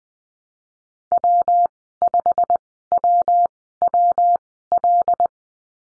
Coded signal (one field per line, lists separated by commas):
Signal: Morse code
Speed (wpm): 20 wpm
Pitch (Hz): 700 Hz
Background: none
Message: W5WWL